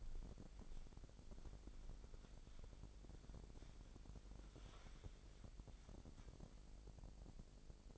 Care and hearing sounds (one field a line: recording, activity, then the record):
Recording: daily activity, microphone in the room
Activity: wipe stove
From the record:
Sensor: 5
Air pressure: 1001.0 hPa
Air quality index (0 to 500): 247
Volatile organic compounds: 34 ppm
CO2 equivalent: 3040 ppm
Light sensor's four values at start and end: 28/64/26/24 and 32/72/29/27